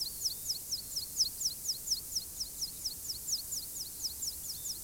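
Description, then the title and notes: Meadow pipit song: a long run of many thin, high, sliding notes at an even pace against a quiet backdrop. One of the modest singers of fields and meadows. "Linnunlaulukasetti n:o 3. Niittykirvinen. Field Recording – Jan-Erik Bruun"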